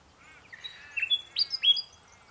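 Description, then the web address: Bird song phrase of clean whistles, low soft notes leading into several loud high up-slurred whistles. Unidentified bird in mangroves. "Sound Effects-Foundation 1 BIRD UNKNOWN MAGROVES 05 SEQUENCE 01"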